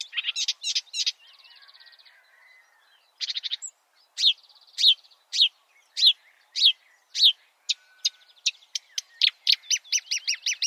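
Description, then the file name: Marsh warbler song mixing a brief buzzy trill with loud descending chirps repeated about twice a second, then a quicker series of high sharp notes. "suara-kicauan-burung-marsh-warbler -omkicau"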